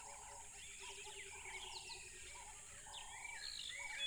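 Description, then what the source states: Cricket chorus forms a constant high, even trill, overlaid by busy bird twitters and whistles and a low pulsed rattle in the background. Tropical river habitat.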